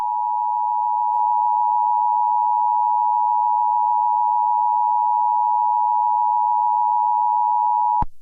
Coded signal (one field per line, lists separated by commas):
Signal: Emergency Alert System (SAME) tones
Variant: 853 and 960 Hz attention tone